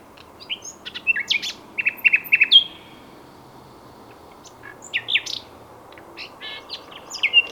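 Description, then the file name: Common nightingale song in short bursts of varied chips, slurs and a brief buzzy trill, separated by quiet gaps. "Luscinia megarhynchos"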